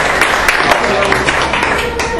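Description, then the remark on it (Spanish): A crowd applauds loudly in praise of Jesus Christ, with dense, steady clapping for about two seconds, mixed with a wash of voices calling out. “Dale un aplauso fuerte a su rey.”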